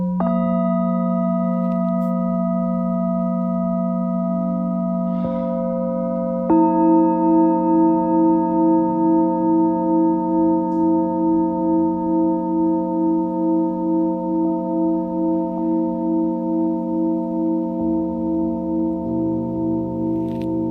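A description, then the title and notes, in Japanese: Singing bowls ring with long, sustained tones that layer and hold without fading. Around 6 seconds a brighter bowl is struck, adding a slow, even wobble to the sound. Soft low hum sits underneath, with a few faint taps and clicks scattered throughout. メキシコから シンギングボウルのサウンドヒーリング。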